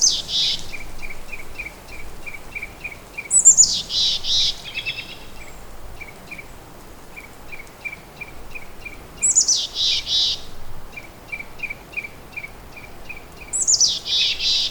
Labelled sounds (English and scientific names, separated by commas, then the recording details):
Mountain Chickadee (Poecile gambeli) call
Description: Mountain Chickadee call recorded on the Hollowell Park Trail in Rocky Mountain National Park
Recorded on 18 May 2016